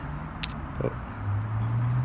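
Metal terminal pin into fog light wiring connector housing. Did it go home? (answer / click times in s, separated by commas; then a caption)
no / none. A metal terminal pin that came unpinned from the wiring of a left-hand Morimoto LED fog light for a 2019 F-150 3.5L Ecoboost is being pushed back into its plastic connector housing by hand. A brief sharp tick sounds at 0.4 s over a steady low hum that grows louder from about 1.2 s. Nothing has seated or clicked yet.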